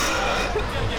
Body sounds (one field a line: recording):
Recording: coughing mixed with background sound